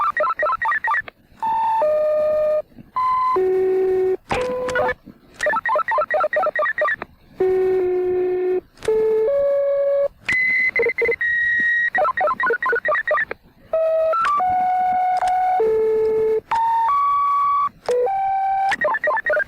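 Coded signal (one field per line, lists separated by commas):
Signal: two-tone page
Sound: series of steady buzzy tones, each about half a second to a second, changing pitch stepwise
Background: radio static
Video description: Modulated tone sequences from a vintage pager transmitter recorded in 1982 in the United States at St. Petersburg Beach, Florida.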